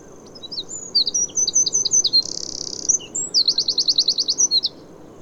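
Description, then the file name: Eurasian wren song, rapid high twitters, a brief buzzy rattle and a fast repeated trill, over soft background hiss. "Troglodytes troglodytes"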